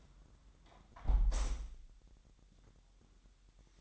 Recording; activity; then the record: daily activity, microphone in the room; close window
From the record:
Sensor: 3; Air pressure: 1000.3 hPa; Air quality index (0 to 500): 239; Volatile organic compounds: 136 ppm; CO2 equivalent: 3959 ppm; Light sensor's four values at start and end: 10/24/10/9 and 10/23/9/9